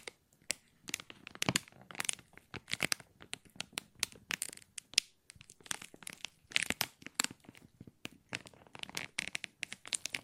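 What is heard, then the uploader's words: Plastic is crinkled and handled in a dense run of sharp crackles and rustles that continues for the whole clip. The snaps come irregularly, several per second, with bright crisp edges and a few louder pops. There are brief quieter gaps between bursts. ASMR Plastic Crinkle No Talking.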